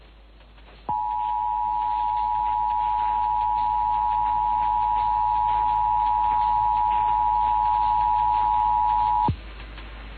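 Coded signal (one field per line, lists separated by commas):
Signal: Emergency Alert System (SAME) tones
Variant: 853 and 960 Hz attention tone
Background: music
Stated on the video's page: Required monthly test on a 104.1 MHz FM broadcast station in Houston, 100 kW, recorded via stream.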